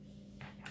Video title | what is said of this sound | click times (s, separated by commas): Mavic Air 2 Unboxing Part 2 | I don't know what the deal is with that, like why that doesn't snap in better. | 0.4 s, 0.7 s